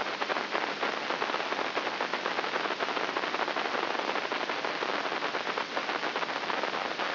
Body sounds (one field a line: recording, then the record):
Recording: brain microelectrode recording played as sound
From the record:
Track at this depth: inside the subthalamic nucleus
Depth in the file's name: 0.041 mm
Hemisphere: right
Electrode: 3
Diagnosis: Parkinson's disease